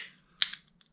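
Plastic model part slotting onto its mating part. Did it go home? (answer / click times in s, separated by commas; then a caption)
yes / 0.4 s. Two plastic parts of an Iron Man Mark III model are slotted onto each other and pressed into place before the three screws go in. A sharp plastic click at 0.4 s marks the part seating, followed by a softer tick at 0.5 s and a faint one at 0.8 s. Beforehand, a fading high hiss is heard over a low hum.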